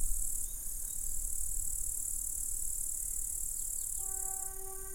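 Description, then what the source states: Grasshoppers producing a steady, very high hissing buzz throughout, with a low rumble beneath, a few faint bird chirps, and a steady droning tone joining near the end. Several grasshoppers recorded at Sergiyev Posad, Russia, in 2007.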